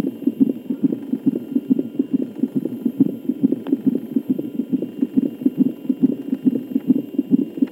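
Rapid, regular whooshing pulses at about 140 a minute: a fetal heartbeat picked up by a cardiotocography (CTG) Doppler monitor, recorded in Berlin at Heinrich-Heine.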